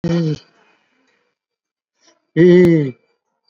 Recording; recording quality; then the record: sustained vowel as in beet; excellent, no background noise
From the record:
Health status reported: COVID-19 positive, mild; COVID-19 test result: positive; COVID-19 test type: RT-PCR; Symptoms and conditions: cough, cold, breathing difficulty, fever, fatigue, muscle pain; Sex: male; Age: 80 years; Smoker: no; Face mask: worn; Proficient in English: no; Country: India